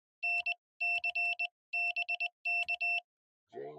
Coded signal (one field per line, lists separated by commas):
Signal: Morse code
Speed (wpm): 21 wpm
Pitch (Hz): 2700 Hz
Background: none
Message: NC BK